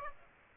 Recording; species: mosquito wingbeat signal from an infrared sensor; Aedes aegypti